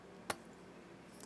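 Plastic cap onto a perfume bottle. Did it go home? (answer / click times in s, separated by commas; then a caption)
yes / 0.3 s. A plastic cap is pushed back onto a Narciso Rodriguez for Him Bleu Noir Parfum bottle and snaps into place with one sharp, loud click at 0.3 s. A fainter tick follows at 1.2 s. The cap is seated firmly.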